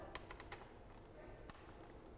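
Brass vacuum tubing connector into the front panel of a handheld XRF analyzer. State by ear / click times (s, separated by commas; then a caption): seated / 1.5 s. The smaller brass fitting, labeled instrument, on the transparent vacuum tubing is pushed into the front panel of a Bruker Tracer handheld XRF analyzer. A few light taps sound at 0.2, 0.3, 0.4 and 0.5 seconds, then a sharp, bright click at 1.5 seconds as the fitting seats securely.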